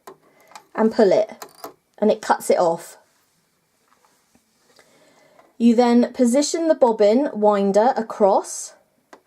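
Someone talks while handling a Brother INNOV-is 20 sewing machine, where the bobbin winder lever with the bobbin on it is being positioned across toward its winding position. Only faint, brief taps are heard around the speech. Nothing has seated or clicked yet; the lever has not latched into place.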